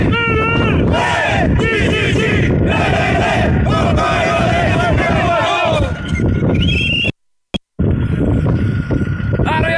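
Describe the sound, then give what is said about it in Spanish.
A crowd at the gate of the union in Talcahuano shouts together a loud, sustained cry of encouragement and support, many voices rising and overlapping in a continuous roar, broken by a brief silence near the end before the shouting resumes. “Un grito de aliento, ¿no es cierto? Y apoyo a ellos.”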